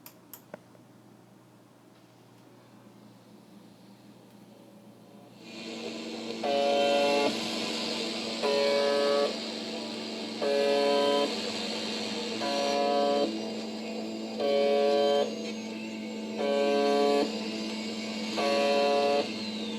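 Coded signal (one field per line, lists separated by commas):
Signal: channel marker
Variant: UVB-76 (The Buzzer)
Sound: low droning hum with harsh buzzes about one second long, roughly every two seconds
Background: radio static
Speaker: if I just play the sound of the Russian UVB-76, because I may as well, because it's relevant.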